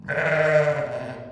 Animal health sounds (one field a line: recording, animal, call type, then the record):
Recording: contact call of a hoofed animal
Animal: sheep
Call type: low-frequency (closed-mouth) or high-frequency (open-mouth) call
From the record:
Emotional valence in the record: negative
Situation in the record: short social isolation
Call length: 1.32 s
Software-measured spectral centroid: 1600 Hz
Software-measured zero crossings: 1610 a second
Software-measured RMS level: -23 dBFS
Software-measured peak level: -8 dBFS